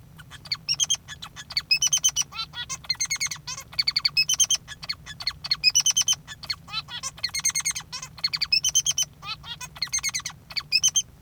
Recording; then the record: song of a male Bengalese finch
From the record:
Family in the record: father 3